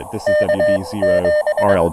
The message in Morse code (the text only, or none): KQ